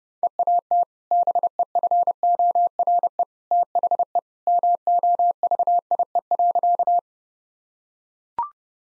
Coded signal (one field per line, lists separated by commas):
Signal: Morse code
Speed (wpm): 30 wpm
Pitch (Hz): 700 Hz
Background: none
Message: EAT BEFORE THE MOVIE.